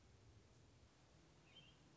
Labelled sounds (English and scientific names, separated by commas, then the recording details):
American Robin (Turdus migratorius)
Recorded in Sonoma County, California